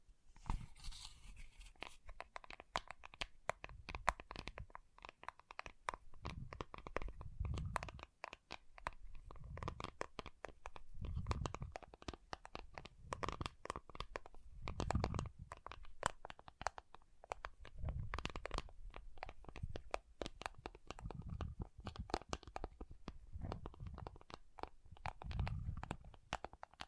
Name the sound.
Soothing & Deep Water Beads Sounds